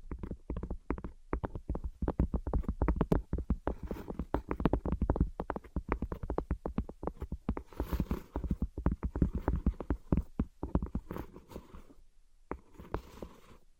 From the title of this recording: Invisible Tapping and Scratching